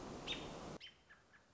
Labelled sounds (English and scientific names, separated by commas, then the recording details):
American Robin (Turdus migratorius)
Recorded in Sonoma County, California